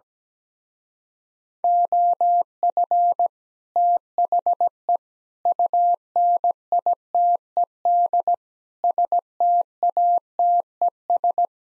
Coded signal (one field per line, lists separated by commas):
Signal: Morse code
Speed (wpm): 17 wpm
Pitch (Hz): 700 Hz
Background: none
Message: OF THE UNITED STATES